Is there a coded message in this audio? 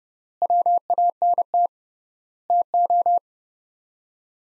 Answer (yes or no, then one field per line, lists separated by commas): yes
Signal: Morse code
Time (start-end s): 0.4-3.2 s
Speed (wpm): 30 wpm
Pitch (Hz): 700 Hz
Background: none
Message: WANT TO